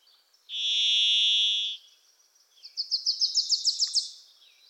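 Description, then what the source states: Varied thrush sings a long, even, burry whistle; a Wilson's Warbler then answers with a fast chatter of bright notes. In forests of the Pacific Northwest, singing from deep within the trees; a Wilson's Warbler also singing.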